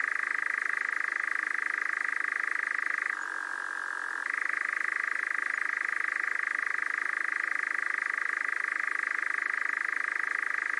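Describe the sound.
Nightjar churring: a long, unbroken mechanical trill held at one pitch, briefly shifting lower for about a second midway before returning to the original tone.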